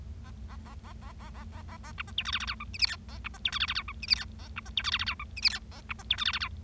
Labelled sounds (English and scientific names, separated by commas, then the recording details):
Bengalese Finch (Lonchura striata domestica) song
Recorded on 25 March 2012 at 12:31
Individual gy6or6